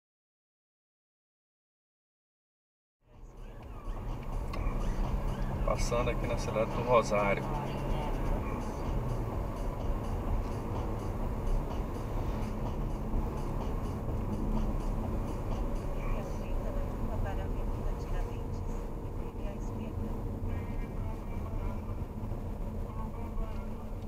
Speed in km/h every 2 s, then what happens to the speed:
38, 38, 40, 43, 46, 46, 45, 41, 39, 38, 27, 20.
0-11 speeds up to 46. 11-24 slows to 20.